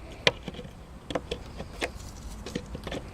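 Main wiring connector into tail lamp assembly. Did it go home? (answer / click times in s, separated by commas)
no / none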